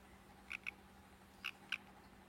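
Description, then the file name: Green-and-black poison dart frog calls: four short chirps in two pairs, over a steady low hum. Super blue morph, calling. "dendrobates auratus super blue calling"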